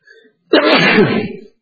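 A single loud, forceful sneeze bursts out after a brief faint intake of breath, a harsh noisy blast lasting about a second before trailing off. No one speaks.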